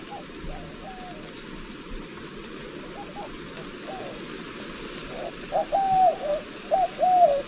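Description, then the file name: White-winged dove coos, faint and masked by hiss at first, then several clearer low hooting phrases in quick succession near the end. "zenaida asiatica"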